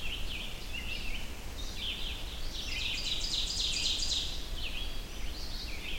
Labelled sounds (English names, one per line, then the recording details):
Ovenbird song
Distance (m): 35 m
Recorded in boreal forest in Alberta, Canada, on 25 June 2016 at 05:25
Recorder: SongMeter 3, array SBT-6-76
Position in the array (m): 28 m, 105 m
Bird 2